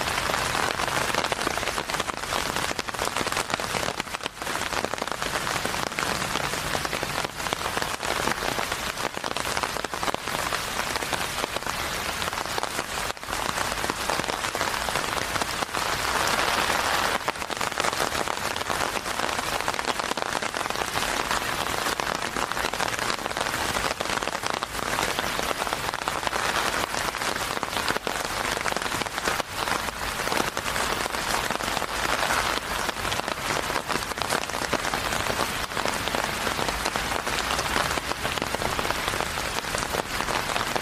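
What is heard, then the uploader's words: Steady rain falls through the whole walk, a dense, unbroken hiss of drops pattering on surfaces. The sound stays even in loudness, with a slightly brighter, heavier patch around the sixteen-second mark and faint low rumbles underneath at times. Long Walk In The Rain Around The Neighborhood.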